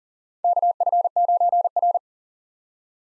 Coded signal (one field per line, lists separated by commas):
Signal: Morse code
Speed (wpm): 40 wpm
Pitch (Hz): 700 Hz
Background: none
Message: KF9R